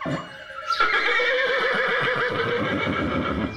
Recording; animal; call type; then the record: contact call of a hoofed animal; horse; whinny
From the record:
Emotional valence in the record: negative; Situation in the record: separation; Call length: 3.6 s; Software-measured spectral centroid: 1860 Hz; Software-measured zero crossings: 2750 a second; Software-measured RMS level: -24 dBFS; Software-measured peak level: -9 dBFS